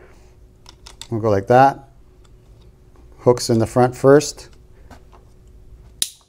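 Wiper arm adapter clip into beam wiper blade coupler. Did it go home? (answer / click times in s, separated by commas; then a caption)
yes / 6.0 s. Someone talks while fitting a Trico Force High Performance beam wiper blade on a 2014 Kia Sorento, engaging the front hooks first. The plastic wiper arm adapter clip is then pushed down onto the beam blade coupler. A loud, sharp click at 6.0 s marks the clip seating home.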